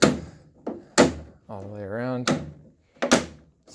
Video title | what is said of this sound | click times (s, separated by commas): HiSense Dehumidifier (model DH100KP1WG) Cord Replacement Part 3 of 3 | I don't know it's called the filter but that also just clicks into place all | 0.0 s, 0.7 s, 1.0 s